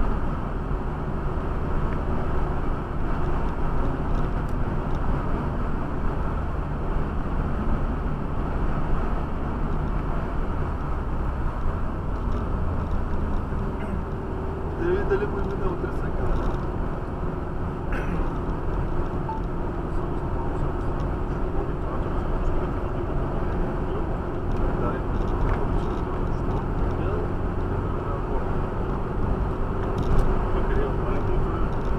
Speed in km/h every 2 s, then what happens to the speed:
71, 70, 69, 69, 69, 69, 60, 60, 62, 63, 65, 66, 68, 69, 71, 73.
0-10 steady at about 69. 10-14 slows to 60. 14-32 speeds up to 73.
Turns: none.